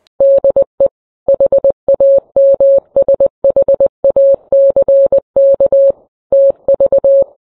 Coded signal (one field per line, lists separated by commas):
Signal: Morse code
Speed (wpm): 20 wpm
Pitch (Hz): 550 Hz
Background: none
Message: DE HAMSHACK TV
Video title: How to Protect Your Ham Radio from EMP: Tips for Hardening Your Gear